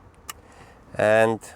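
An installer plugs the wi-fi antenna lead into a wireless CarPlay and Android Auto interface module that sits behind the glove box of a 2017–2018 Porsche Macan with PCM4.0. A single short, sharp click is heard at 0.3 s, then someone talks briefly near the end. The connector clicks in and is seated.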